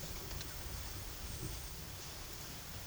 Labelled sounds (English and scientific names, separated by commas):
none